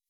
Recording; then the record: hydrophone in a shrimp aquaculture tank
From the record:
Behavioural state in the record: weakened